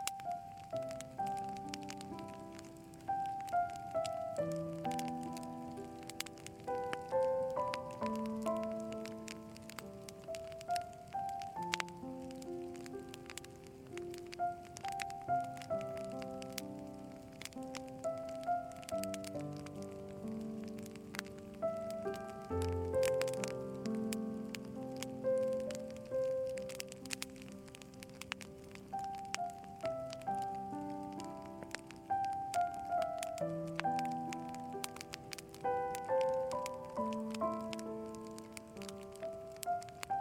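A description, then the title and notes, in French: A campfire crackles steadily with dense, quick pops throughout, while a soft, slow melody of sustained mid and low notes plays underneath. FEU DE CAMP et MELODIES Douces. Le crépitement réconfortant d'un feu de camp s'harmonise avec des mélodies douces et relaxantes.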